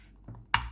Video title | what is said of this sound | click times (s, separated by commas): Zero S40 By Zero Mods Australia | click again two clicks and she's all good | 0.5 s